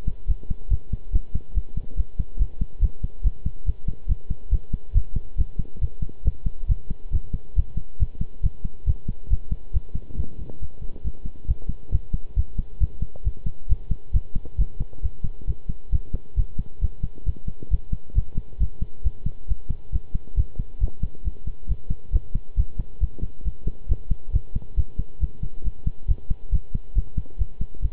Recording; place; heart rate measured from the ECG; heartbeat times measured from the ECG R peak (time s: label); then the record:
heart sounds by stethoscope; between the tricuspid and mitral areas; 137 bpm
0.28 s: heartbeat
0.70 s: heartbeat
1.12 s: heartbeat
1.54 s: heartbeat
1.97 s: heartbeat
2.39 s: heartbeat
2.81 s: heartbeat
3.24 s: heartbeat
3.66 s: heartbeat
4.08 s: heartbeat
4.51 s: heartbeat
4.94 s: heartbeat
5.38 s: heartbeat
5.81 s: heartbeat
6.25 s: heartbeat
6.69 s: heartbeat
7.12 s: heartbeat
7.56 s: heartbeat
8.00 s: heartbeat
8.43 s: heartbeat
8.87 s: heartbeat
9.30 s: heartbeat
9.73 s: heartbeat
10.17 s: heartbeat
10.60 s: heartbeat
11.04 s: heartbeat
11.48 s: heartbeat
11.92 s: heartbeat
12.36 s: heartbeat
12.80 s: heartbeat
13.24 s: heartbeat
13.69 s: heartbeat
14.13 s: heartbeat
14.58 s: heartbeat
15.03 s: heartbeat
15.47 s: heartbeat
15.92 s: heartbeat
16.37 s: heartbeat
16.81 s: heartbeat
17.26 s: heartbeat
17.71 s: heartbeat
18.15 s: heartbeat
18.60 s: heartbeat
19.04 s: heartbeat
19.48 s: heartbeat
19.92 s: heartbeat
20.37 s: heartbeat
20.81 s: heartbeat
21.24 s: heartbeat
21.68 s: heartbeat
22.12 s: heartbeat
22.57 s: heartbeat
23.00 s: heartbeat
23.44 s: heartbeat
23.89 s: heartbeat
24.33 s: heartbeat
24.77 s: heartbeat
25.20 s: heartbeat
25.64 s: heartbeat
26.08 s: heartbeat
26.52 s: heartbeat
26.95 s: heartbeat
27.38 s: heartbeat
27.82 s: heartbeat
From the record:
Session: pedaling a stationary bicycle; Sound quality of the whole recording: good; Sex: male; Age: 23 years